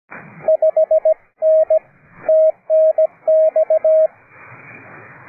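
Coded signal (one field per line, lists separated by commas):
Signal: Morse code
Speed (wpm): 17 wpm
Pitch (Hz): 630 Hz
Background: radio noise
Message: 5N TNX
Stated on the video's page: Morse traffic on a public service net at 3.729 MHz, net control operating fully remote from aboard a boat.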